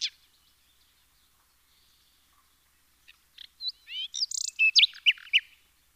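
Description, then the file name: Common nightingale singing: after a brief opening note and a quiet stretch, a phrase of sharp clicks, rising whistles and rapid high trills begins near the three-second mark, loud and varied. "Luscinia megarhynchos"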